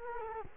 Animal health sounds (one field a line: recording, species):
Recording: mosquito wingbeat signal from an infrared sensor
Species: Culex quinquefasciatus